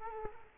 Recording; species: mosquito wingbeat signal from an infrared sensor; Culex quinquefasciatus